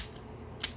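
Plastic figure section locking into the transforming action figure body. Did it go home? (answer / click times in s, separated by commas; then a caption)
yes / 0.6 s. A plastic section of a BAIWEI KO SS102 Optimus Prime action figure is brought all the way down during its robot-to-truck transformation. It locks in place with a sharp, bright click at 0.64 s against a low steady background. The lock makes the figure more solid.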